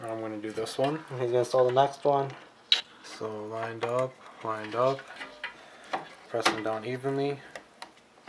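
A Corsair Vengeance RGB 16GB DDR4 RAM module is lined up and pressed down into a motherboard DIMM slot during a 2018 Coffee Lake PC build while someone talks. Brief, faint handling ticks are heard near 5.9, 7.8 and 8.3 seconds. The clip ends before the module goes home, so nothing has seated or clicked yet.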